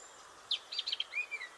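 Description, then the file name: Eurasian blackcap giving a brief run of short, bright chipping notes, then a thin rising-and-falling whistle, over faint background hiss. "Sylvia atricapilla"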